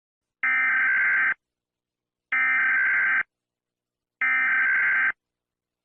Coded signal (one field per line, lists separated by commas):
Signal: Emergency Alert System (SAME) tones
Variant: header bursts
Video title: Mr Incredible Becoming Uncanny/Canny : EAS Alarms